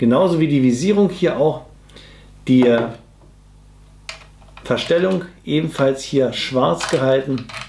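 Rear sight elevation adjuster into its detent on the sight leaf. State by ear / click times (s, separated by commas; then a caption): not seated / none. Someone talks while the black rear sight elevation adjuster on the sight leaf of a stainless steel LCT LCKM AKM airsoft replica is handled toward its detent position, with brief faint ticks at about 4.1 and 4.6 seconds during a pause in the talking. The clip ends before the adjuster snaps into its detent; nothing has seated or clicked yet.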